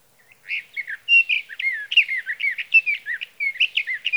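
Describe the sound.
Sage thrasher singing a fast, jumbled warble of many short varied phrases, mid-high and musical, flowing without pause over nearly four seconds.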